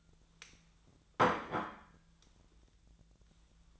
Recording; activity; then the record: daily activity, microphone in the room; place plate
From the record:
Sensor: 3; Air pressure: 1009.4 hPa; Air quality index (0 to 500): 197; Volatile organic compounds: 16 ppm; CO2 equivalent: 2562 ppm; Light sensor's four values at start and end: 33/82/35/37 and 32/80/34/37